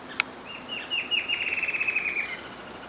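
Bird calling: a rapid series of short, thin notes slurring slightly downward over about two seconds, with soft background hiss.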